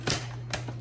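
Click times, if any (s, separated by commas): 0.5 s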